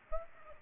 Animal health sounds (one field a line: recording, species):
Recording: mosquito wingbeat signal from an infrared sensor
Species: Aedes aegypti